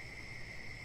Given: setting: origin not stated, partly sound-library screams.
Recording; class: one-second piece from a danger detection set; normal situation